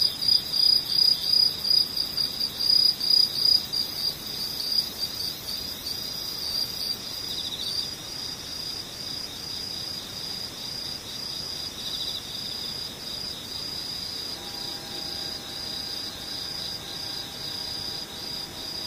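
Insects sing in a dense, steady high trill around 4–5 kHz throughout. For the first seven seconds a louder, pulsing chirp rises and falls in quick bursts on top, then stops. Near fifteen seconds a faint, even tone enters underneath.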